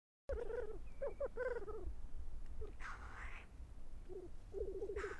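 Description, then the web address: Black grouse low bubbling coos in short phrases, with two harsh hissing notes interrupting. "aanitykset Tetrix"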